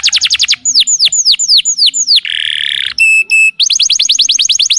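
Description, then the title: Lovebird chattering: bursts of sharp, falling chirps, a harsh buzzy rasp, two brief tonal beeps, then another quick run of shrill chirps. Lure call used to attract lovebirds. "PIKAT BURUNG LOVEBIRD"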